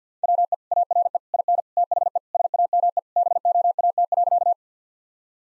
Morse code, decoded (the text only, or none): WE ARE IN THE SAME BOAT.